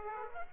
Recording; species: mosquito wingbeat signal from an infrared sensor; Aedes aegypti